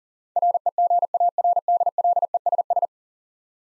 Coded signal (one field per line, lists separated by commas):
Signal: Morse code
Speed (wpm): 38 wpm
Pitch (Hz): 700 Hz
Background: none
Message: REGARDLESS